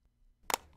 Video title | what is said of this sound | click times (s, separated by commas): Full cleaning instructions for ComfortGel Blue mask - Philips - Nasal mask | press firmly on the retaining ring of the flap until the connection tabs click into place | 0.5 s